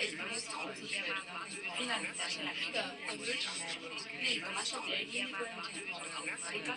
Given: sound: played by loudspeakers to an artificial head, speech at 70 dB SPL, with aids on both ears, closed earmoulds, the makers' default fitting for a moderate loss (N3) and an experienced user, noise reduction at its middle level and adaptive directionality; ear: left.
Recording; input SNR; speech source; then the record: speech test signal (ISTS) in cocktail-party noise; -3 dB; on the right (90 degrees)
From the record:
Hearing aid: class 2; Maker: I